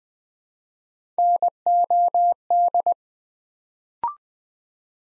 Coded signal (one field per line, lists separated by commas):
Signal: Morse code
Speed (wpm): 20 wpm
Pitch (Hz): 700 Hz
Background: none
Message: NOD